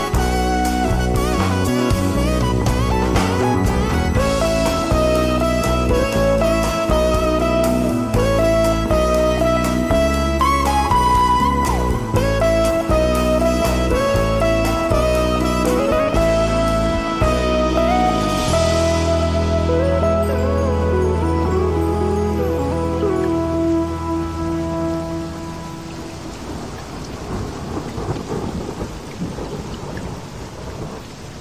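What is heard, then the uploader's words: Smooth jazz plays with a steady, pulsing beat, a mellow bass line and a clear melody for about eighteen seconds. The band then settles onto a long held chord that fades by about twenty-five seconds. After that only steady rain hiss and a low rumble remain. Smooth Jazz & Rain.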